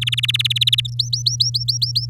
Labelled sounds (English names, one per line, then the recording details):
Domestic Canary song
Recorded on 10 May 2018 at 06:11
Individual llb16